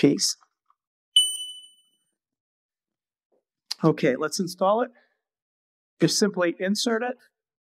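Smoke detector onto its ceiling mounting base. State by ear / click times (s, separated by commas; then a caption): not seated / none. An X-Sense Smart plastic smoke/CO detector is being handled as it is fitted toward its ceiling mounting base, with a short burst of noise at the start and a bright ringing tone at about 1.2 s that fades out. Someone talks over the rest of the clip. Nothing has seated or clicked onto the base yet.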